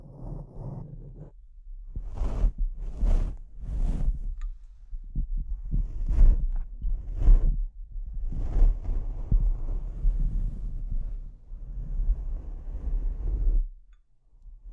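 Microphone scratching and rubbing, with a heavy low rumble running almost the whole way through. Bursts of hissing scrapes come around two to four seconds and again near six, seven and nine seconds, then a rougher steady rustle continues until the sound cuts off near fourteen seconds.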